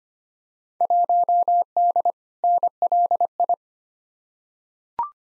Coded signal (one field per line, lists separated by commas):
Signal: Morse code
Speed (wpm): 25 wpm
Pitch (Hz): 700 Hz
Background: none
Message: 1D NLI